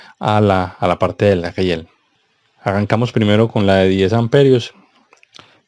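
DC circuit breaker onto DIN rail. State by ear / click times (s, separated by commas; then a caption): seated / 5.4 s. A 10 A DC circuit breaker is pressed firmly onto a metal DIN rail as a press fit, and its plastic clip grips so the breaker stays held. Someone talks for most of the clip, then a few faint clicks follow, ending in a short crunchy snap at 5.4 s as the breaker seats on the rail.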